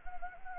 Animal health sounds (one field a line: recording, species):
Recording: mosquito wingbeat signal from an infrared sensor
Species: Anopheles gambiae